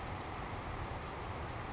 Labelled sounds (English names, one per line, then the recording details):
Savannah Sparrow
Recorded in Sonoma County, California